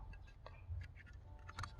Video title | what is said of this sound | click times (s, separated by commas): Electronic Throttle Controller - Unboxing and Installation Guide | O, isang kamay lang. Yan. So nag-click na siya. | 1.6 s